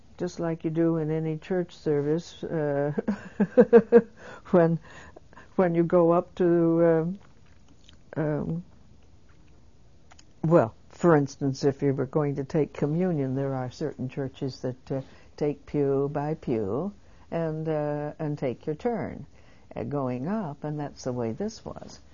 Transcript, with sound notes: just like you do in any church service. [she laughs] When you go up to, well, for instance, if you were going to take Communion, there are certain churches that take pew by pew and, and take your turn going up, and that's the way this was.